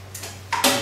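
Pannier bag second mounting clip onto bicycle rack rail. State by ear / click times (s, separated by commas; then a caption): seated / 0.5 s, 0.7 s. The second metal mounting clip of a pannier bag snaps onto the rail of a bicycle rack, giving two short, sharp ticking clicks at 0.5 s and 0.7 s after a fainter sound near 0.2 s. The clip is seated in place.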